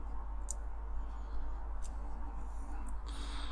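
During the restoration of a Corgi 268 Green Hornet "Black Beauty" die-cast model car, the metal suspension piece is handled and pushed down onto the axle pin of the car base. Over a steady low hum, a sharp tick comes at about 0.5 s, a softer one at 1.9 s, and a high hiss begins near 3.1 s. Nothing has seated or clicked into place yet.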